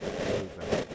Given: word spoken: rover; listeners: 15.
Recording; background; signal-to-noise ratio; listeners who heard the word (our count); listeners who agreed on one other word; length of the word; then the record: one English word in noise, from a listening test; noise modulated by three-talker babble; -7.5 dB; 0 of 15; 10 of 15; 0.55 s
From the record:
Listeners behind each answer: 10, 3, 1, 1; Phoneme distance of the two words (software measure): 7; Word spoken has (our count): 2 syllables, 4 phonemes, stress on syllable 1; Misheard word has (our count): 2 syllables, 3 phonemes, stress on syllable 1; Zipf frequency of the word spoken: 3.84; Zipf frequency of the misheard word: 6.14